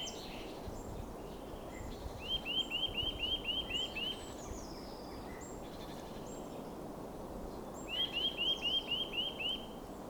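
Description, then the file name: Eurasian nuthatch calling: two quick series of about seven rising, clear whistled notes, over steady background hiss with faint higher chirps from other birds. "Sitta europaea"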